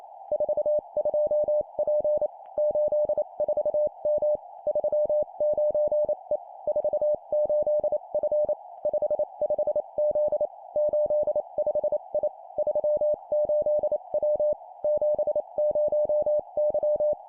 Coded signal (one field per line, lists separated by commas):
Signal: Morse code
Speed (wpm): 28 wpm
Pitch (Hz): 600 Hz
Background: none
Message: 42P 84M 39E 48F 55Z 85I 38W 70Y